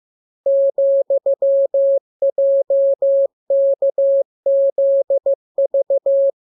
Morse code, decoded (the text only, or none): ,JKZV